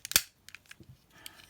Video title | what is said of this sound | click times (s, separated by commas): Transformers WFC Trilogy: Kingdom Leader Class: Galvatron (ASMR) | to want to bring this section up and push it in until it just clicks | 0.2 s